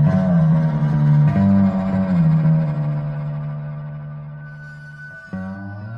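Psychedelic rock guitar drenched in distortion and effects, holding thick low droning notes that bend and slide in pitch, slowly fading before a fresh chord strikes near the end. No voices.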